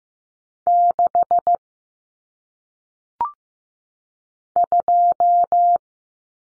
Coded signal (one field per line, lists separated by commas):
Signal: Morse code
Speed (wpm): 15 wpm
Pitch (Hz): 700 Hz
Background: none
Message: 6 2